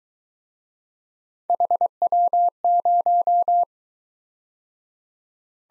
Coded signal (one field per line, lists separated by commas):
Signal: Morse code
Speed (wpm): 22 wpm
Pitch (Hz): 700 Hz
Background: none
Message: HW0